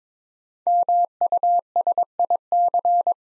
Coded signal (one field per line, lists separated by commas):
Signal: Morse code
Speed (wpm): 21 wpm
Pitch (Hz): 700 Hz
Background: none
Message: MUSIC